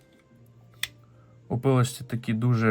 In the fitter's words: І з іншого боку, це пилочка теж фіксується на linerлок.